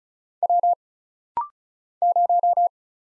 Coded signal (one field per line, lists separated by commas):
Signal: Morse code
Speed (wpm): 35 wpm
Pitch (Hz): 700 Hz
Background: none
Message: W 0